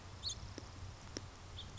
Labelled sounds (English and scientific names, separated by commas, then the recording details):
House Finch (Haemorhous mexicanus)
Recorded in Sonoma County, California